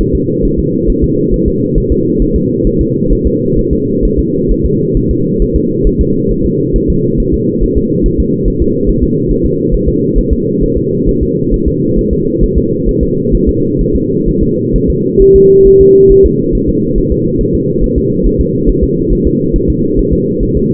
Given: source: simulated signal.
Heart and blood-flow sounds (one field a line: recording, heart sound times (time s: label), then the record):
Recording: fetal heart sounds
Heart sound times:
0.01 s: S1
0.15 s: S2
0.45 s: S1
0.59 s: S2
0.90 s: S1
1.04 s: S2
1.34 s: S1
1.48 s: S2
1.78 s: S1
1.92 s: S2
2.22 s: S1
2.36 s: S2
2.67 s: S1
2.81 s: S2
3.12 s: S1
3.27 s: S2
3.59 s: S1
3.73 s: S2
4.05 s: S1
4.19 s: S2
4.51 s: S1
4.66 s: S2
4.97 s: S1
5.11 s: S2
5.42 s: S1
5.56 s: S2
5.87 s: S1
6.01 s: S2
6.31 s: S1
6.46 s: S2
6.76 s: S1
6.90 s: S2
7.20 s: S1
7.34 s: S2
7.64 s: S1
7.78 s: S2
8.06 s: S1
8.20 s: S2
8.48 s: S1
8.62 s: S2
8.89 s: S1
9.04 s: S2
9.31 s: S1
9.46 s: S2
9.74 s: S1
9.88 s: S2
10.19 s: S1
10.33 s: S2
10.63 s: S1
10.78 s: S2
11.09 s: S1
11.23 s: S2
11.54 s: S1
11.68 s: S2
11.99 s: S1
12.13 s: S2
12.44 s: S1
12.58 s: S2
12.89 s: S1
13.03 s: S2
13.35 s: S1
13.49 s: S2
13.81 s: S1
13.95 s: S2
14.29 s: S1
14.43 s: S2
14.76 s: S1
14.90 s: S2
15.22 s: S1
15.36 s: S2
15.67 s: S1
15.81 s: S2
16.12 s: S1
16.26 s: S2
16.55 s: S1
16.69 s: S2
16.98 s: S1
17.12 s: S2
17.41 s: S1
17.55 s: S2
17.84 s: S1
17.98 s: S2
18.27 s: S1
18.41 s: S2
18.69 s: S1
18.84 s: S2
19.13 s: S1
19.27 s: S2
19.56 s: S1
19.70 s: S2
19.99 s: S1
20.13 s: S2
20.43 s: S1
20.57 s: S2
From the record:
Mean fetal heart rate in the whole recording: 135 bpm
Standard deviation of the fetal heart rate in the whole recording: 3 bpm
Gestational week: 36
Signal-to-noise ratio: -11.2 dB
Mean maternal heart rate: 72 bpm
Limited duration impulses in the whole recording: present